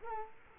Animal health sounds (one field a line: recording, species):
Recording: mosquito wingbeat signal from an infrared sensor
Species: Culex quinquefasciatus